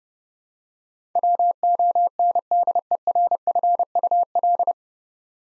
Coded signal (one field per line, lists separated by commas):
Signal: Morse code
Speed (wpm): 30 wpm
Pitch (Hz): 700 Hz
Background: none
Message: WONDERFUL